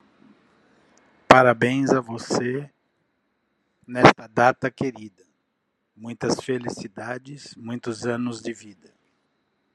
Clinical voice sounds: short text; Brazilian Portuguese; male; 50 to 59 years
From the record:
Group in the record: control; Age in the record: 54 years

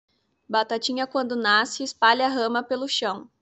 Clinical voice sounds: short text; Brazilian Portuguese; female; 20 to 29 years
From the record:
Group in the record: control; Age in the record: 22 years

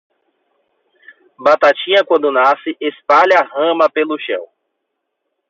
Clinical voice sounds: short text; Brazilian Portuguese; male; 30 to 39 years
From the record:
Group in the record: control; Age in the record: 34 years

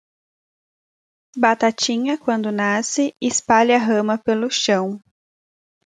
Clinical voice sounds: short text; Brazilian Portuguese; female; 20 to 29 years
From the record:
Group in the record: control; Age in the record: 26 years

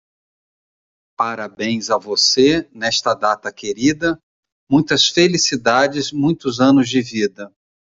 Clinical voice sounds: short text; Brazilian Portuguese; male; 50 to 59 years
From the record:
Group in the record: control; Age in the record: 55 years

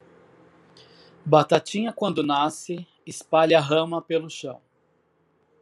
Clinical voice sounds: short text; Brazilian Portuguese; male; 40 to 49 years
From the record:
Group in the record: control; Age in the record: 47 years

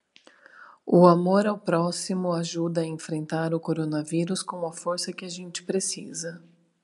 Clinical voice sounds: spoken sentence; Brazilian Portuguese; female; 30 to 39 years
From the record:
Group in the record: control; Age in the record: 39 years

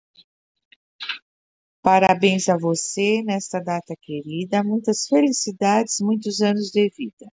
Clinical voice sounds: short text; Brazilian Portuguese; female; 60 to 69 years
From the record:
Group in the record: control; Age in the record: 65 years

